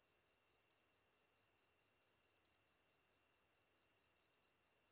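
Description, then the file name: Ezo katydid song: short hissing bursts ending in a few sharp, very high ticks, repeated regularly, over a steady, rapidly pulsing insect trill lower down. Recorded 23 August 2010 at 21:31. "ezotuyumusi-20100823-2131"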